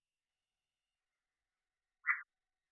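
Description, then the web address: Red-eyed tree frog giving a single short, dry chuck-like note against silence. "phyllomedusidae Agalychnis-callidryas"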